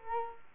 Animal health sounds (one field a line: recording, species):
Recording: mosquito wingbeat signal from an infrared sensor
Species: Culex quinquefasciatus